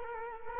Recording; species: mosquito wingbeat signal from an infrared sensor; Culex quinquefasciatus